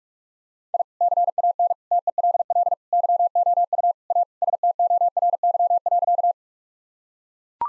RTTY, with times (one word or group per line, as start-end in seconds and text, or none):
none